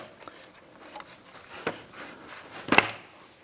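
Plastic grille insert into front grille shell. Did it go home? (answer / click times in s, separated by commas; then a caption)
yes / 2.8 s. A plastic grille insert is pressed down into a new plastic front grille shell for a 2011-2019 Ford Explorer, resting on pads that protect the outer finish, so it snaps in around the perimeter. Faint knocks come at about 0.3, 1.0 and 1.7 s before a sharp, loud snap at 2.8 s as the insert seats.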